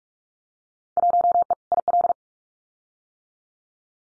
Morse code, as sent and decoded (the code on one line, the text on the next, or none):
.---- . / .. .-..
1E IL